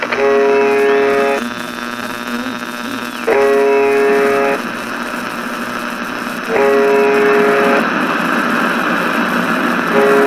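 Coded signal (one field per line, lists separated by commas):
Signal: channel marker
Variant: UVB-76 (The Buzzer)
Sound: four harsh low buzzes, each about a second long, repeating every few seconds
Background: radio static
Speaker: this station's only broadcast is a repeating buzzer sound that continues 24 hours a day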